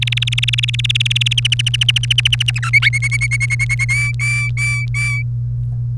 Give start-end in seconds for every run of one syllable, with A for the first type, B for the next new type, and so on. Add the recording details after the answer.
0.02-1.33 A, 1.38-2.59 B, 2.63-3.85 C, 3.89-5.22 D. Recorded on 1 May 2018 at 15:13. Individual llb3